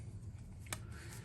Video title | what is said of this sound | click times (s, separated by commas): Ridding The 8 Channel Premiere ￼Train (Garrett AT Max) #garrettatpro #metaldetecting # | they just snap into place got | 0.7 s